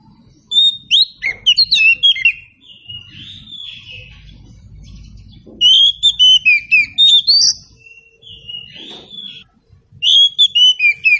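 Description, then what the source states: Oriental Magpie-Robin song in three separate bursts of bright whistles and twittering notes, with a low background hum between phrases. Presented as an outstanding magpie-robin song, guaranteed to draw an answering response.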